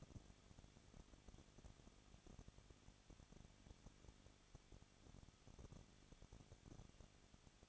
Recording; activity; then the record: daily activity, microphone in the room; no activity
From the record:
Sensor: 4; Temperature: 23.1 degrees Celsius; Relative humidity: 34.3%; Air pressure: 1007.2 hPa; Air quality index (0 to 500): 216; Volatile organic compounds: 15 ppm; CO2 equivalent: 2495 ppm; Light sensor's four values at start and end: 2/3/1/1 and 2/3/1/1